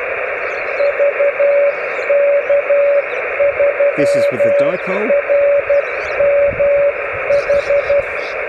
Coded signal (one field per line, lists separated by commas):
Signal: Morse code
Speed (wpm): 12 wpm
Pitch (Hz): 570 Hz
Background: speech, radio noise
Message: VK3RMH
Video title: Making a 28 MHz vertical dipole into a beam: Does it work?